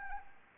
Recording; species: mosquito wingbeat signal from an infrared sensor; Anopheles arabiensis